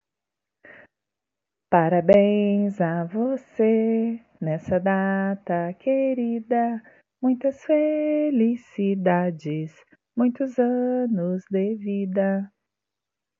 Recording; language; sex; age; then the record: short text; Brazilian Portuguese; female; 30 to 39 years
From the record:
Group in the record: control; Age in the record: 39 years